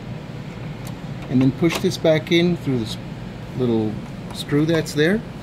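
An internal speaker assembly for a Dell Optiplex 3020 desktop PC is being pushed back into its case mount past a small screw post while someone talks over a steady low background hum. The clip ends before the part goes home; nothing has seated or clicked yet.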